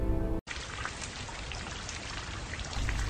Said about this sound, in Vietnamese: Đang suy nghĩ miên man thì trời bỗng đổ mưa tầm tã. Tiếng sấm liên tục rền vang đủ khiến con người ta phải lo sợ.